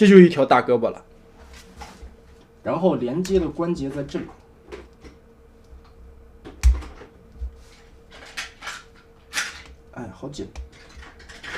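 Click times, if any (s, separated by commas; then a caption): 6.6 s. Someone talks while fitting a plastic connecting joint into the body of a transforming robot toy from an MS Magic Square Devastator B set (bulldozer and scraper). A single loud snap at 6.6 s marks the joint seating, and the fit is very tight.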